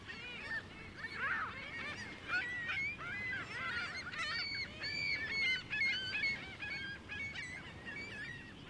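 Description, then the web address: Gulls calling in a busy flock, many overlapping high squealing and mewing cries, some long drawn notes. Several seagulls, busy flock at Lake Ontario. "Big Room Sound Birds Seagulls Lake Ont Busy"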